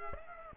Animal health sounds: mosquito wingbeat signal from an infrared sensor; Aedes aegypti

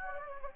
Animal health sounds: mosquito wingbeat signal from an infrared sensor; Anopheles gambiae

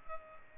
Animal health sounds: mosquito wingbeat signal from an infrared sensor; Culex pipiens

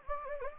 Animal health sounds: mosquito wingbeat signal from an infrared sensor; Anopheles gambiae

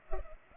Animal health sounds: mosquito wingbeat signal from an infrared sensor; Culex pipiens

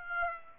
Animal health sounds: mosquito wingbeat signal from an infrared sensor; Aedes aegypti

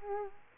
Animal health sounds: mosquito wingbeat signal from an infrared sensor; Culex quinquefasciatus

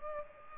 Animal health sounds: mosquito wingbeat signal from an infrared sensor; Aedes aegypti

